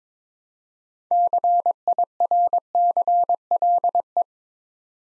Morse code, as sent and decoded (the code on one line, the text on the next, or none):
-.-. .. .-. -.-. .-.. .
CIRCLE